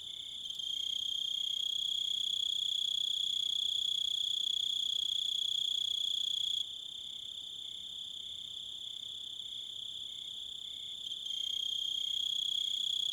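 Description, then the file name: Cricket chirping, a steady high shrill trill with fast regular pulses throughout, the sound dropping in loudness midway for a few seconds before returning. Several crickets. "Zvuki - Sverchki i volki"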